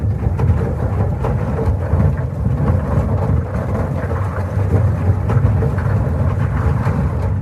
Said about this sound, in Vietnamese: Trong đám tinh thể quái dị này, có một bóng người màu đen to lớn chập chờn chuyển động ở sâu bên trong, phát ra những chuỗi tiếng nổ trầm đục như sấm.